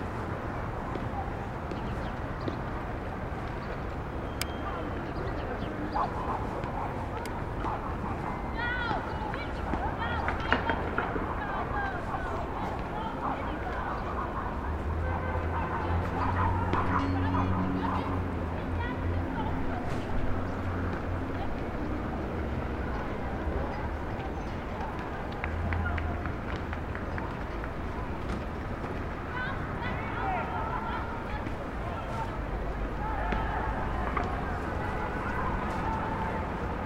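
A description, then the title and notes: A rooftop in a city neighborhood, with a steady wash of street noise and a low rumble of traffic below. Voices from the street and park drift up throughout, scattered, with small clinks and knocks breaking through, strongest around the middle. 179 Starr Street Rooftop (Starr Street & Irving Ave, Brooklyn) Facing Maria Hernandez Park. Wind: 7mph North East. Rooftop recording facing Maria Hernandez park at sunset.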